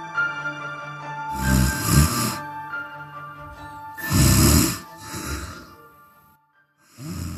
But a snore may be more than just a noise. It could indicate a deeper, more serious problem. Sleep apnea.